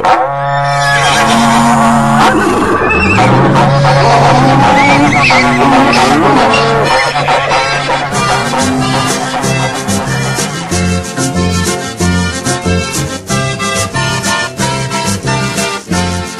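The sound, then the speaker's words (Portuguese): A berrante cattle horn blows long, steady, droning notes to gather the troop while horses whinny in high, sliding cries; after about eight seconds, loud rhythmic music with a steady beat takes over. “Repico berrante, véi Gerbásio, reúne a tropa aí, companheiro Zé Luquinha.”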